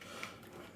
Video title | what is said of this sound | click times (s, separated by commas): [UNBOXING][REVIEW] FAST HELMET AND FACE MASK - Should you trust ali express eye protection? | but it doesn't actually click in place | none